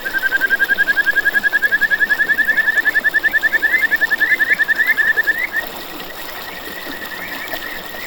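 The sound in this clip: Kajika frog calling in a quick, regular series of clear pulsed notes for about five seconds, then fading to softer notes and hiss.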